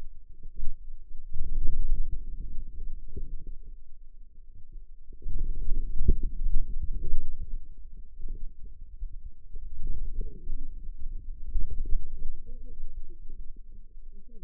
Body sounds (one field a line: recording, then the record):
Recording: forearm muscle sounds (acoustic myography)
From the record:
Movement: outward rotation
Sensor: system 2, bracelet of six BSWA MPA416 microphones around the upper forearm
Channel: 6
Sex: female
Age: 21 years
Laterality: right